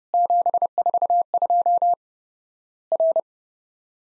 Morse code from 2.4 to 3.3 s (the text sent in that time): R